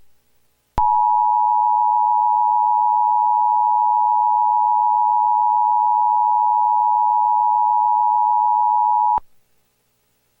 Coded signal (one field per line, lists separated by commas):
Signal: Emergency Alert System (SAME) tones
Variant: 853 and 960 Hz attention tone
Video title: Butterbean's Café Jasper Markers EAS